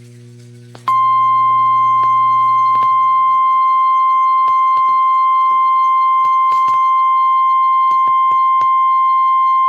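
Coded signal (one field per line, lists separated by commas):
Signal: Emergency Alert System (SAME) tones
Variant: 1050 Hz attention tone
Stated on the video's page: EAS alerts received from NOAA Weather Radio transmitters and AM/FM broadcast stations in Tennessee.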